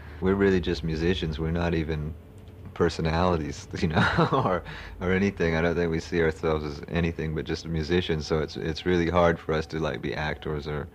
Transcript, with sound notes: We're really just musicians. We're not even personalities you know [chuckles] or anything other than we see ourselves as anything but just musicians so it's really hard for us to be like actors